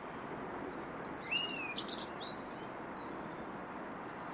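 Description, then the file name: Common blackbird giving a short whistled note that slurs upward then levels off, followed by a few thin, high squeaky notes, over steady background hiss. "Turdus merula"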